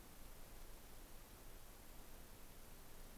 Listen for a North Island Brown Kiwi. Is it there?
no